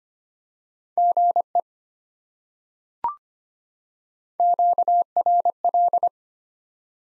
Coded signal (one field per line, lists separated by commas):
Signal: Morse code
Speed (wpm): 25 wpm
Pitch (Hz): 700 Hz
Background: none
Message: GE QRL